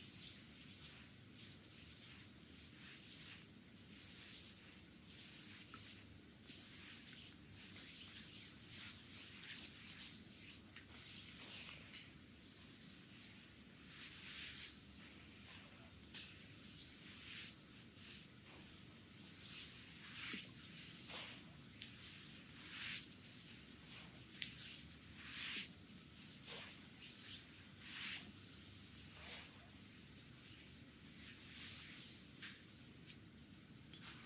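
Oiled hands massage a belly at close range, giving a steady wet rubbing and hissing that never stops. Bright swishing strokes surge and fade every second or two, with a soft low rumble of skin and body underneath in a quiet room.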